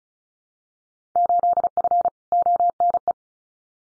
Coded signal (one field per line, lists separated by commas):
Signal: Morse code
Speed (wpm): 34 wpm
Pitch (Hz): 700 Hz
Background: none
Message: 8F ONE